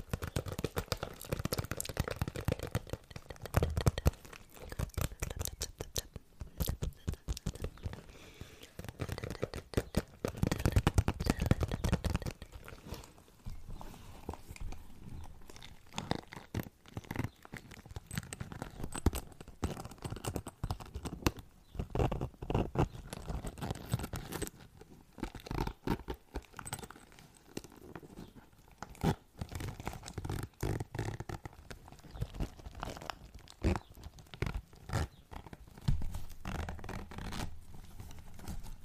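Unintelligible whispering mixed with wet mouth sounds and light tapping, made of dense, quick, irregular clicks and rustles that continue throughout. The sound is fuller and louder in the first twelve seconds, then thins to a softer, sparser patter with occasional sharper taps later on.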